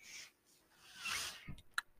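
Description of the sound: Soft, high-pitched airy hissing comes in two brief bursts within two seconds, followed by a few small clicks and taps: the airflow of a man's own home mechanical ventilator delivering breaths, heard in a quiet room.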